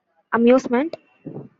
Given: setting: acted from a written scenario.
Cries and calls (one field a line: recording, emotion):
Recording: vocal sound without words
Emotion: amusement